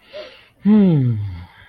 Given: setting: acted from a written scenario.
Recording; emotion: vocal sound without words; romantic love